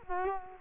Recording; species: mosquito wingbeat signal from an infrared sensor; Culex quinquefasciatus